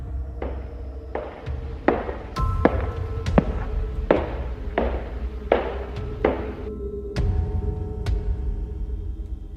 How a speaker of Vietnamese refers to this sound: Thình lình cả ba im bặt, bởi vì trong màn đêm tĩnh lặng, trong ngôi nhà này, họ nghe rõ tiếng bước chân vang lên.